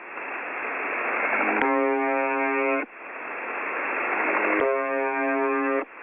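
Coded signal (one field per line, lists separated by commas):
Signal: channel marker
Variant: UVB-76 (The Buzzer)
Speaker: sempre que eles voltavam nesta mesma frequência, o som continuava lá, igual.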